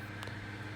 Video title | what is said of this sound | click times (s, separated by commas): Fixing Broken Andis Supra | This thing just snaps in place, and | 0.2 s